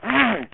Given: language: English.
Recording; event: throat vibration sensor signal played as sound; throat clearing